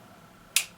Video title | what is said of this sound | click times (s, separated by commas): Cold Steel Talwar 4" CTS-XHP Quick Demo | pop and knowing that that knife is locked into place really securely. | 0.6 s